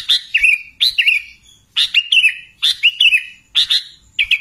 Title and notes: Kicau Burung Kutilang